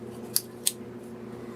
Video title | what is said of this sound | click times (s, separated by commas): Crate Club General April 2021 | a detent and stows back into place | 0.4 s, 0.7 s